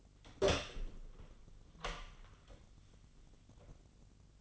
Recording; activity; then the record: daily activity, microphone in the room; open door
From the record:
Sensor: 4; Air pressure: 1010.0 hPa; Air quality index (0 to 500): 192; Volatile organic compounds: 3 ppm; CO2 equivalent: 1382 ppm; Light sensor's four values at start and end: 36/87/35/37 and 33/80/33/35